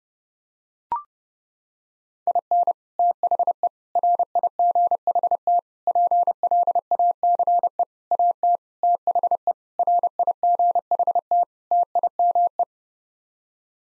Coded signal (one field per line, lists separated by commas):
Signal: Morse code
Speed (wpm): 32 wpm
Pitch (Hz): 700 Hz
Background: none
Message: IN THE RIGHT PLACE AT THE RIGHT TIME